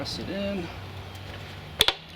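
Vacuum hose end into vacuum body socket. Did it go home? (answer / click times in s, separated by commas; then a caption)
yes / 1.8 s. Someone talks briefly as a Bissell vacuum hose end, lined up with the tabs, is pressed into the vacuum body socket. A sharp click at 1.8 s marks the hose end seating, followed by two quieter ticks. It locks into place without needing the twist the instructions describe.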